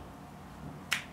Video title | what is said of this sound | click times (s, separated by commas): Xspec 20" Folding Bike Assembly Instruction Video | make sure it snaps into place | 0.9 s